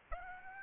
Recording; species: mosquito wingbeat signal from an infrared sensor; Aedes aegypti